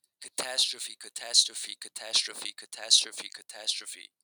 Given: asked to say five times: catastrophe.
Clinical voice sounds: repeated word; male; 20 to 29 years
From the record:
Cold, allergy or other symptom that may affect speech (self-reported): no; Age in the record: 28 years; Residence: New York, United States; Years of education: 16

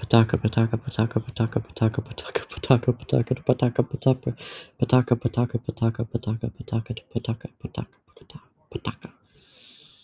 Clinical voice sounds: repeated syllables /pa ta ka/; male; 20 to 29 years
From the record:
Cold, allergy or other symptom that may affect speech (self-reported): no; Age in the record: 20 years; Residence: Massachusetts, United States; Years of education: 13

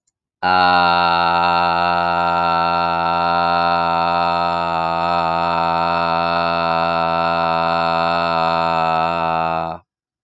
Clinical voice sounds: vowel held as long as possible; male; 30 to 39 years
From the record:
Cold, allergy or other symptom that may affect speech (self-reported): no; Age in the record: 31 years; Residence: Texas, United States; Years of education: 25

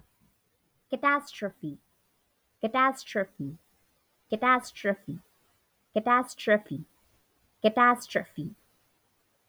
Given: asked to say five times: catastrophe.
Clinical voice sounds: repeated word; female; 40 to 49 years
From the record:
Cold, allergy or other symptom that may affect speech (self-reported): no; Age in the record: 45 years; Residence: New York, United States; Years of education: 17

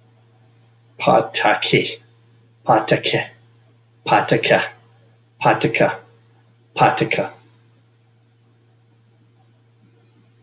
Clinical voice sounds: repeated syllables /pa ta ka/; male; 40 to 49 years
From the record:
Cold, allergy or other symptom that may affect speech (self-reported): no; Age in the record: 45 years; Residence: Michigan, United States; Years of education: 16

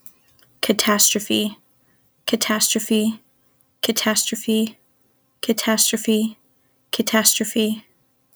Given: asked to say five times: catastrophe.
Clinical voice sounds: repeated word; female; 20 to 29 years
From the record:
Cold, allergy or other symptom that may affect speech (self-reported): no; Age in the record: 22 years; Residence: Texas, United States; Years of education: 12

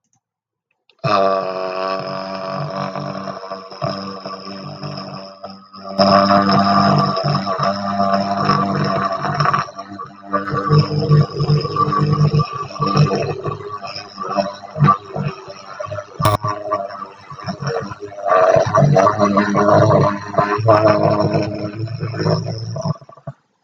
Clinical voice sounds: vowel held as long as possible; male; 40 to 49 years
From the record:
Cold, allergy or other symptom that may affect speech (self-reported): no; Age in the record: 41 years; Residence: Oregon, United States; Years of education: 14

